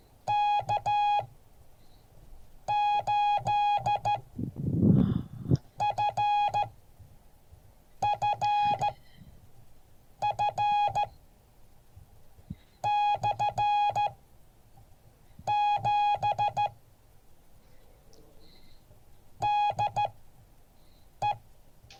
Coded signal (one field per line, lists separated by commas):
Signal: Morse code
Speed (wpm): 14 wpm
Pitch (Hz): 830 Hz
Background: none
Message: K8FFF/7 DE